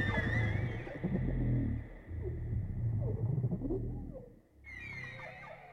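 Whale song of repeated deep grunting pulses beneath a steady high whistle, with squealing notes returning near the end.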